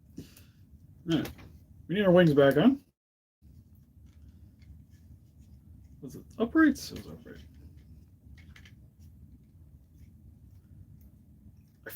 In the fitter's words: feel like that should click in it does not want to click in at all